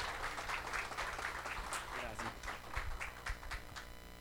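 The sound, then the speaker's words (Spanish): An audience claps steadily for several seconds to welcome a visiting pastor, a dense, even patter of many hands with a few sharper claps standing out and murmuring voices mixed underneath. “y le pido que lo recibamos con un aplauso, por favor.”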